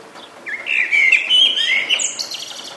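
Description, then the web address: Bird song, a single bright warbling phrase of rapid high notes rising to a thin top flourish, over a background hiss like rain. "sonido de pajaros cantando bajo la lluvia"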